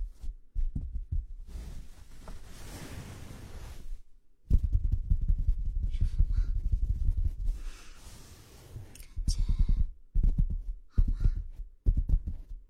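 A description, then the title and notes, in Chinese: A head and shoulder massage, heard as soft rubbing and brushing strokes with quick tapping bursts at the start and again near the end. Longer, denser friction sounds run from about two to four seconds and from four and a half to nine seconds, with low thumping underneath. 为弟弟做头部肩部按摩。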